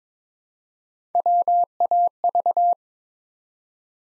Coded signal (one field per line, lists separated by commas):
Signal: Morse code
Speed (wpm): 23 wpm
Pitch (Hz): 700 Hz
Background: none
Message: WAV